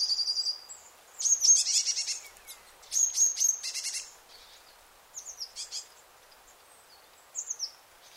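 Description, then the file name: Eurasian blue tit calls in high, thin bursts of rapid ticking notes at the start and around one and three seconds, with fainter scattered high notes later over soft background hiss. "Cyanistes caeruleus"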